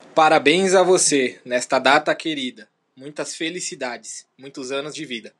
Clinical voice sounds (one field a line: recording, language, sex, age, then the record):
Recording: short text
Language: Brazilian Portuguese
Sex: male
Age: 20 to 29 years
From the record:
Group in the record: control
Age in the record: 27 years